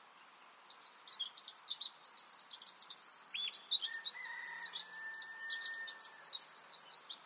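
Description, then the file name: Eurasian wren pouring out a continuous high rattling trill for about seven seconds, with softer, lower drawn-out whistles beneath it. "Troglodytes troglodytes"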